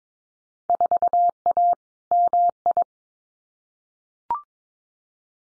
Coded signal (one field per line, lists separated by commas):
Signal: Morse code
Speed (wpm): 22 wpm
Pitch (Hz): 700 Hz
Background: none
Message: 4A MI